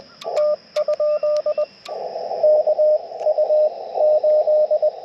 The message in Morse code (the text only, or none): T? KU8